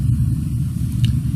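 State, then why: Seated. A link of a magnet drive chain for a model layout is held at an angle to the next link and joined to it. Over a steady low rumble, a short sharp snap sounds at 1.0 s as the two links lock into place, leaving them joined but free swinging.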